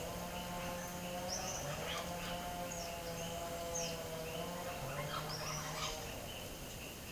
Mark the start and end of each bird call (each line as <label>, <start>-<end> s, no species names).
bird call, 1.26-1.67 s
bird call, 2.67-3.96 s
bird call, 4.83-5.97 s